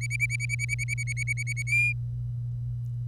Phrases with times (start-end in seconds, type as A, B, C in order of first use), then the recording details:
0.01-1.62 A, 1.67-1.93 B. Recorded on 25 April 2018 at 06:30. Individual llb3